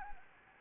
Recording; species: mosquito wingbeat signal from an infrared sensor; Anopheles arabiensis